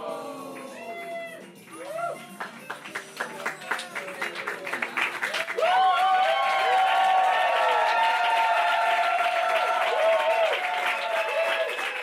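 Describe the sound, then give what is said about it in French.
Scattered claps build over a few seconds into loud, sustained applause from a crowd, with cheering and whoops rising over the steady roar of clapping. “Je n'ai pas pu applaudir parce que les remerciements s'en viennent.”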